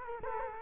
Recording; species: mosquito wingbeat signal from an infrared sensor; Culex quinquefasciatus